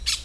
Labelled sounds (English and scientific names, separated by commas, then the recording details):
Brown-throated Parakeet (Eupsittula pertinax) contact call
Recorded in Venezuela
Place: Hato Matapalo, Bolívar
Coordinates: 7.356, -61.542